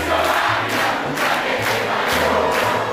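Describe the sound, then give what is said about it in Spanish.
A large crowd shouts insults and jeers at a speaker in a loud, continuous roar of overlapping voices, surging in rough rhythmic waves about every half second. “Los gritos, los insultos, no hablan de mí, hablan de ustedes, señores.”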